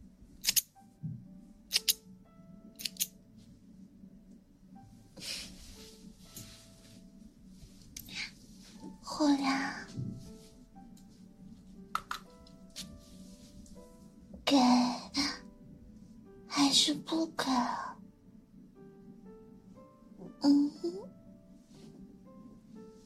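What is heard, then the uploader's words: Ear cleaning and ear massage sounds: soft rubbing and rustling swells come in bursts around 9, 15, 17 and 21 seconds, with sharp clicks and taps scattered between them. A low, steady hum runs underneath, and brief faint tones appear now and then. ASMR Ear cleaning & Ear massage.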